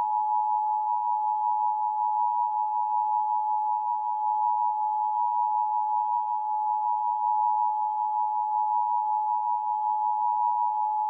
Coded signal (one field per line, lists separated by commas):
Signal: Emergency Alert System (SAME) tones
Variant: 853 and 960 Hz attention tone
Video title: USA Eas Alarm But With Tornado Sounds in the backround